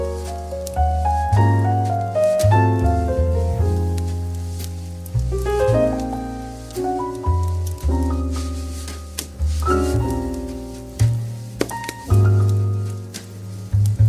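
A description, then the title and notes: Soft light jazz plays steadily, with a warm, rounded bass line walking underneath chords and gentle melodic notes that strike and slowly fade. Phrases shift every second or two at an unhurried pace, and faint crackling pops scatter lightly through the background. Soft Light Jazz & Cozy Crackling Fireplace.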